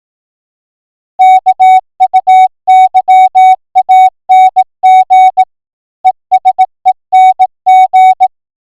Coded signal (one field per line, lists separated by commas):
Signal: Morse code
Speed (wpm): 18 wpm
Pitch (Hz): 750 Hz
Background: music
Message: KUYANG ESENG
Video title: Amateur-Radio: Morse Code Alphabet from A to Z 10 WPM